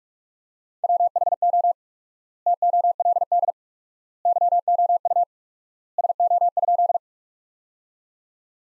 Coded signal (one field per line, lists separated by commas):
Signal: Morse code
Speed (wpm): 41 wpm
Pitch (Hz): 700 Hz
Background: none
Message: WHO TOLD YOU SO?